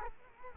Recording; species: mosquito wingbeat signal from an infrared sensor; Culex quinquefasciatus